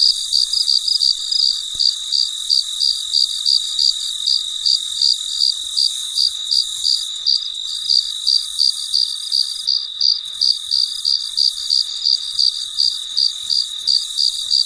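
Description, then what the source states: Cricket song: rapid, regular high chirps roughly three per second above a continuous shrill background drone. Recorded late at night in very quiet surroundings.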